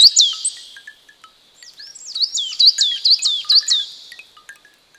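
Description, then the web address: Bird song of high, down-slurred whistled notes repeated in a quick run, with faint lower chips scattered underneath. In the woods. "Microsoft Lumia-640-China Birds in the Woods"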